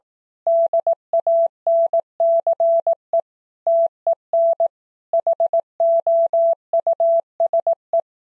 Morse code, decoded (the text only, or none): DANCE TEN HOUSE